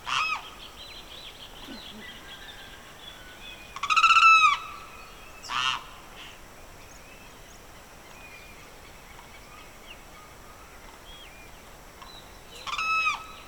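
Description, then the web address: Bird chorus of quiet chirps and whistles, broken by several loud, harsh, buzzy calls. Evening birdsong in the Pantanal swamp, rural South America. "The BBC Sound Effects Library - Complete 60 CDs Collection Sound Effects Library- (Rural South America) Evening Birdsong, Pantanal Swamp"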